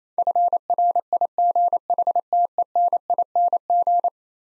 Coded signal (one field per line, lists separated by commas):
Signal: Morse code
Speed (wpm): 28 wpm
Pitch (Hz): 700 Hz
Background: none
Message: FRIGHTENING